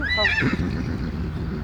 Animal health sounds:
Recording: contact call of a hoofed animal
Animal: Przewalski's horse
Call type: whinny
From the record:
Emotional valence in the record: positive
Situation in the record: food anticipation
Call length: 1.64 s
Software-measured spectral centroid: 1930 Hz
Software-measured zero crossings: 1690 a second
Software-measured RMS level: -24 dBFS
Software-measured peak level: -8 dBFS

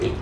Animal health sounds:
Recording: contact call of a hoofed animal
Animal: pig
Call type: closed-mouth grunt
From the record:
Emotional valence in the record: positive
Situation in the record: food and toys in familiar pen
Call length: 0.21 s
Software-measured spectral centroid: 1750 Hz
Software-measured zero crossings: 950 a second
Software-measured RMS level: -24 dBFS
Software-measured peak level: -13 dBFS

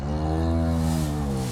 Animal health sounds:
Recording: contact call of a hoofed animal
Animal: cattle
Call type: low-frequency (closed-mouth) or high-frequency (open-mouth) call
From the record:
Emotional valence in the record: negative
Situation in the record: full separation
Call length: 1.52 s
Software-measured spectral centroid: 2630 Hz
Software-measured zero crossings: 1170 a second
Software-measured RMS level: -24 dBFS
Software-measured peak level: -13 dBFS

